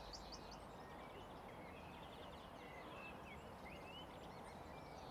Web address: Sonik Sound Library - Spatial Cities Ambience, City Park, Distant Traffic, Voices, Birds Chirping